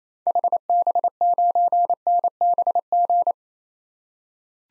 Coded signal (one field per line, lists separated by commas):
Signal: Morse code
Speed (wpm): 28 wpm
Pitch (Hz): 700 Hz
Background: none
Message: HB9NBG